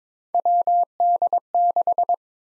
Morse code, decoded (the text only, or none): WD6